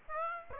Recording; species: mosquito wingbeat signal from an infrared sensor; Aedes aegypti